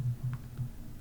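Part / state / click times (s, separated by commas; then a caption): headphone plug into phone headphone jack through case cutout / seated / 0.3 s. A second headphone plug is forced through the slim case's cutout into the LG V20 phone's 3.5 mm headphone jack. It gives a short, faint click at 0.3 s over a steady low hum, and the plug seats fully after some force.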